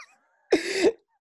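A single abrupt, harsh cough burst of about half a second from an adult woman who coughs often, with a rough voiced onset and a brief voiced tail, against an otherwise quiet background. It is an ordinary isolated cough.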